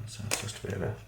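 A plastic wheel for a Revell Gloster Meteor scale model aircraft is handled toward the two locating pins of the landing gear, where it goes in without glue. Light handling rustles and taps are heard, with a brief brighter burst around 0.3 s, over a low hum, while someone talks. Nothing has seated or clicked yet.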